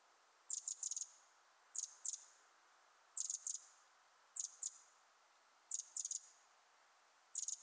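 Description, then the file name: Eurasian wren calling in rapid pairs of shrill ticking rattles, groups recurring at short, slightly uneven intervals over a soft hissing background. "Troglodytes troglodytes"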